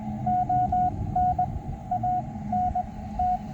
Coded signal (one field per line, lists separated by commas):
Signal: Morse code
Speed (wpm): 20 wpm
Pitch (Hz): 730 Hz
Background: radio noise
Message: ON ANT